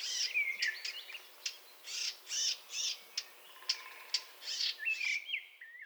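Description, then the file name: Eurasian blackcap making repeated hard ticks and scratchy chirps roughly twice a second, ending with a couple of clear whistled notes. "Sylvia atricapilla"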